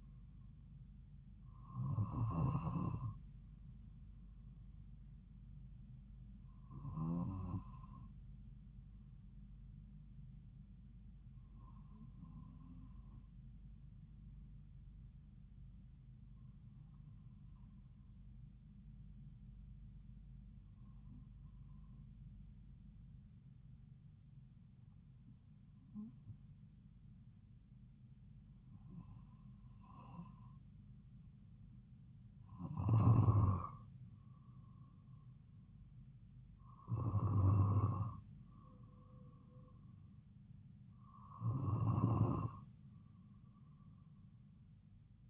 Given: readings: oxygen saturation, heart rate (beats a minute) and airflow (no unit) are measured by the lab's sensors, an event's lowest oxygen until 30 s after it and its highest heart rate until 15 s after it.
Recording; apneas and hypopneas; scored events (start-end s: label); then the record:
breathing in sleep by a smartphone at the bedside; 1
11.00-34.60 s: hypopnea (N2, oxygen 95% highest, then 92% lowest)
From the record:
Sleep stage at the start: N2 (light sleep); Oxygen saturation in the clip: 91 to 95%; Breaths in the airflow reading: 10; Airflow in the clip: -4.0 to 4.4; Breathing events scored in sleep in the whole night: 270 in 6.1 hours asleep